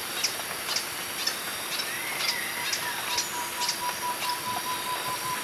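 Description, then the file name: Green hermit repeating short, piercing high notes at irregular intervals, with a faint lower whistled tone beneath them in the second half. "Phaethornis guy - Green Hermit"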